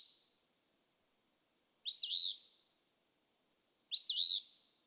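Eastern phoebe song: two raspy two-parted fee-bee phrases about two seconds apart, with a brief trailing note at the start.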